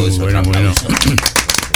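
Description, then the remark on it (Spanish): A held, droning voice gives way to a burst of audience clapping, loud and irregular, with voices talking over the applause. “Bueno, pues otro aplauso, ¿no?”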